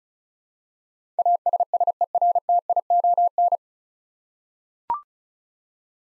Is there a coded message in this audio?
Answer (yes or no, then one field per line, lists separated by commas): yes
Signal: Morse code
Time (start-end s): 1.2-3.6 s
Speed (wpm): 36 wpm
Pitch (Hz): 700 Hz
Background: none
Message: ASSERTION